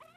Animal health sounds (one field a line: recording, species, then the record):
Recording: mosquito flight sound by mobile phone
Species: Aedes sierrensis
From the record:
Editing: cut to the mosquito's sound